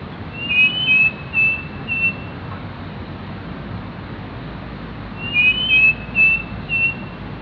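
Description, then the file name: Striped cuckoo whistled calls: two phrases of three or four clear, high notes, the first slurred, about five seconds apart, over a soft steady background hiss. "strpcuc"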